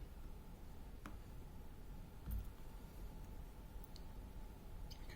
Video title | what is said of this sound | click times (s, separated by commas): Google Pixel 3A XL LCD and glass screen replacement | I finally heard it snap I'm just double-checking all right | 1.1 s